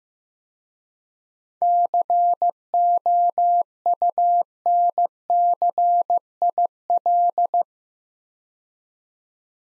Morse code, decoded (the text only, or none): COUNCIL